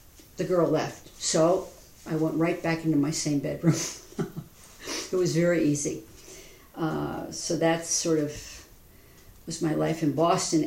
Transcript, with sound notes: the girl left. So I went right back into my same bedroom. [laughs] It was very easy. So that's sort of my life in Boston.